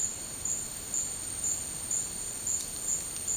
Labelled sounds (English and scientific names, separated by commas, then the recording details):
none
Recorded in dense forest near Puerto Asís, Putumayo, Colombia, on 24 March 2025 at 14:00
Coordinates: 0.485, -76.318
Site G056